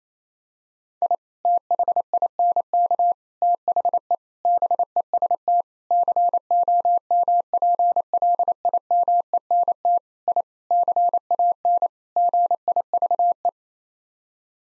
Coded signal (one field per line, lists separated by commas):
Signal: Morse code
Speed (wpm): 28 wpm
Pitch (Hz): 700 Hz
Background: none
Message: I THINK THE BEST COMPLIMENT I CAN GIVE